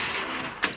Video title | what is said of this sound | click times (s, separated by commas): Fearless Tech Tips: Leafblower, HBA Card, SSD | which is that one. You see it just clicks into place. | 0.6 s, 0.7 s